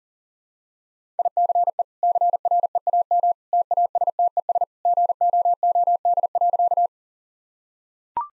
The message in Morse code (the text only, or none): ICE CREAM TASTES GOOD.